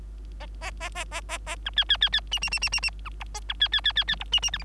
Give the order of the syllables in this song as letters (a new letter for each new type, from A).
A A A A A A A B C C C C D D D D D D B E A B C C C C C E D D F G